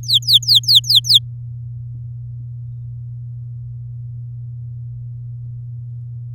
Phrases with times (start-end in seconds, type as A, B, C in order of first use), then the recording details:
0.03-1.19 A. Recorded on 10 May 2018 at 15:27. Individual llb16